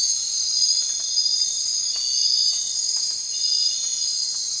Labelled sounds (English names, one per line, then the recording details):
none
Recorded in secondary vegetation near Puerto Asís, Putumayo, Colombia, on 30 June 2025 at 22:30
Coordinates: 0.499, -76.323
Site G077